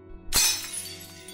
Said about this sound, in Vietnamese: Sau tiếng cút đi đó là những âm thanh đổ vỡ của chén dĩa son nồi bị ba nó trong cơn say đập phá không thương tiếc.